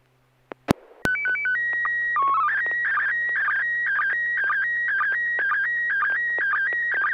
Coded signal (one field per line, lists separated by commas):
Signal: SSTV (slow-scan television)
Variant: PD 120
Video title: N6NA SSTV Net - 06/12/2024